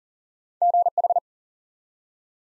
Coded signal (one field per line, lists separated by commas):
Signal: Morse code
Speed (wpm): 39 wpm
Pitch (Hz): 700 Hz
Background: none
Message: GH